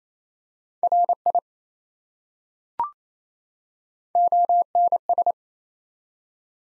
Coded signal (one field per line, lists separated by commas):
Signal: Morse code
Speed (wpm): 28 wpm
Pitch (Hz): 700 Hz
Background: none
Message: RI ONS